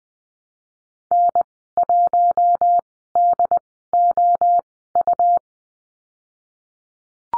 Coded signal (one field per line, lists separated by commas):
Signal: Morse code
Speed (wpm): 20 wpm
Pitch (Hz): 700 Hz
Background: none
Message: N 1 D O U